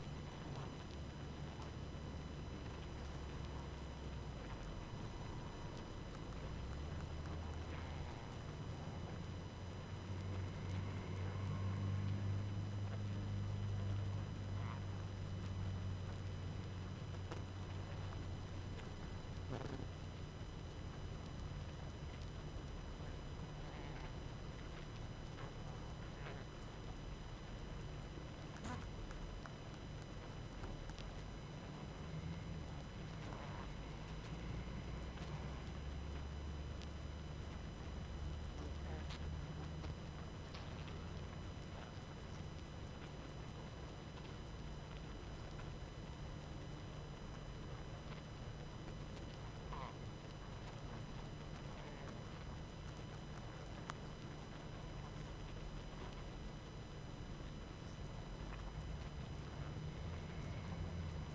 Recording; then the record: honeybee colony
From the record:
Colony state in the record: active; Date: 12 June 2018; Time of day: 20:40